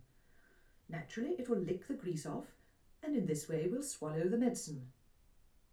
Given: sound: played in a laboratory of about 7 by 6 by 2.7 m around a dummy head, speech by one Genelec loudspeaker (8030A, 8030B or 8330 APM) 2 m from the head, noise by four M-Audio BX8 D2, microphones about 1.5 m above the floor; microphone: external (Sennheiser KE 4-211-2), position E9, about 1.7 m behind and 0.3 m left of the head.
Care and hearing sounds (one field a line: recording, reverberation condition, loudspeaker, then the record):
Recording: female speech in English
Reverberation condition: low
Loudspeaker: 90 degrees to the left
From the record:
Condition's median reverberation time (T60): about 310 ms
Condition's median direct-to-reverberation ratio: about 3.5 dB